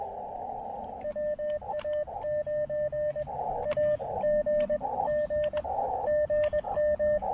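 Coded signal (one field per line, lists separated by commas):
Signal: Morse code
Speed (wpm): 20 wpm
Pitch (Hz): 590 Hz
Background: radio noise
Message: WA9AGG GM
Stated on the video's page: Portable QRP POTA park activation with DX contacts, using an Elecraft KX2 and a TufteIn random wire antenna.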